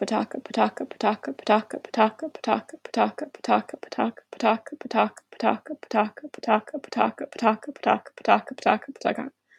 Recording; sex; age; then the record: repeated syllables /pa ta ka/; female; 20 to 29 years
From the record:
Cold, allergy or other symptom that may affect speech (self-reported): no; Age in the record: 24 years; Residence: India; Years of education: 12